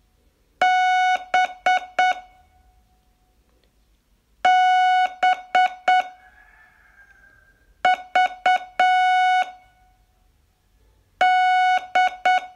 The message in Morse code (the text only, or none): B B V D